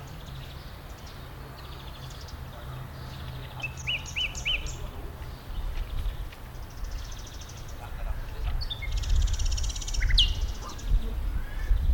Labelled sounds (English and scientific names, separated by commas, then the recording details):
Common Blackbird (Turdus merula) song
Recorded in the wild
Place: Tierpark Berlin, Berlin, DE
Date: 1996-05-01 13:23
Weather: heiter, 17°C
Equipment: Sony MD-WM MZ-R3, Sennheiser MKH 416 T, Kopie Uher 4000 Report Monitor
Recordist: Tembrock, Günter
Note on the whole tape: Gesang, freifliegend